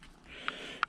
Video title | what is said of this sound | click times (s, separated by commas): Stoptech C43 Caliper refresh - Detailed Rebuild! | and once you get about 70% of the way in it'll just click right in there | 0.5 s, 0.8 s